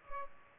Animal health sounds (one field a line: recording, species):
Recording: mosquito wingbeat signal from an infrared sensor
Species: Culex pipiens